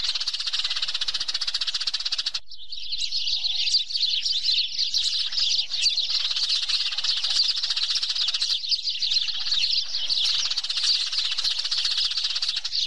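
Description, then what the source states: Sparrow flock calls: many birds give busy, overlapping high chirps and twitters that run steadily to the end. Calls used to summon the flock.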